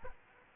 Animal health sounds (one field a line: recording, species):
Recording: mosquito wingbeat signal from an infrared sensor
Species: Aedes aegypti